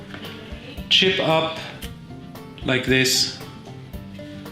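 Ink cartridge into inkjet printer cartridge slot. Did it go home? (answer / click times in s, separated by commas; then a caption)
no / none. An ink cartridge is handled, chip facing up, at the cartridge slot of an Epson WF-5110 inkjet printer while someone talks over background music, with a few brief handling taps. The cartridge has not seated or clicked into the slot yet.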